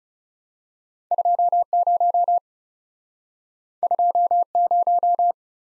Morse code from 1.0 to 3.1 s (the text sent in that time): 2 0